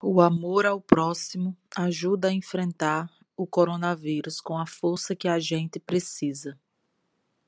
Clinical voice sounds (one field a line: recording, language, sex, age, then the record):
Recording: spoken sentence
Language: Brazilian Portuguese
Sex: female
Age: 30 to 39 years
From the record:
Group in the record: control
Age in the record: 35 years